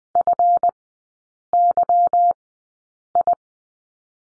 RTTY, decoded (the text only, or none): none